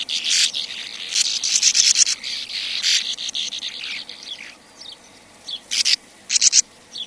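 Sand martin calls, buzzy rasping bursts early on, then quieter, with a few sharp notes near the end.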